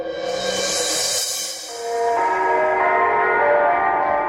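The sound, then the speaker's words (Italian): Church bells in Rome ring out loudly with no voices, their layered metallic tones humming and overlapping as a fresh peal swells in partway through and keeps resonating. “qui a Roma, dove le campane ricordano incessanti che nella città eterna è ancora il Papa Pio IX a regnare sovrano”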